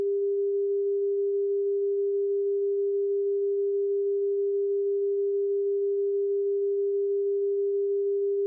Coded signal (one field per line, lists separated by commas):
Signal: telephone call progress tone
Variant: Japan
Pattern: dial tone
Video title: EAS Scenario: Tiny Pop Shutdown